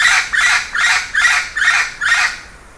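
Bird calling with six loud, grating screeches in a steady series, with brief gaps between.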